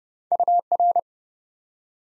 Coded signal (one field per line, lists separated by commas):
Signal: Morse code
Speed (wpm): 41 wpm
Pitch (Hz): 700 Hz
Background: none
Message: UR